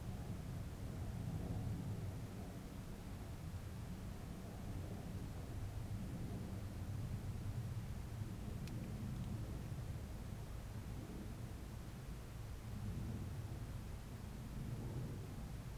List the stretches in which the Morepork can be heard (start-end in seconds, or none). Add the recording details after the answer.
none. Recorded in New Zealand on 4 June 2017. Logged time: 19:01. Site Taranaki